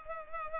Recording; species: mosquito wingbeat signal from an infrared sensor; Culex pipiens